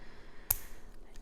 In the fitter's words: this clip so then you just push it into the housing you'll hear a click and it